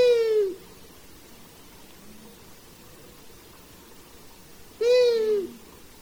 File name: Hibou moyen duc